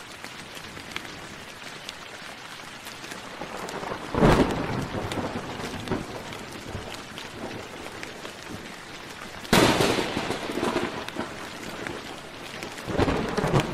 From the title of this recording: Thunder, Rain, and Nature Sounds